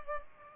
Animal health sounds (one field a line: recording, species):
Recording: mosquito wingbeat signal from an infrared sensor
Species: Culex pipiens